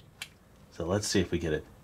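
Plastic clip tabs on a toy robot fox kit's body panel are being handled and lined up with three-prong tabs, with a brief sharp tick at 0.2 s before someone talks. Nothing has seated or snapped in yet.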